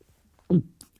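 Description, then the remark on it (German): A jeweler swallowing a ring: a single throaty swallow, a short, low gulping burst followed a moment later by a faint wet click, with near silence on either side. “Schluckt.”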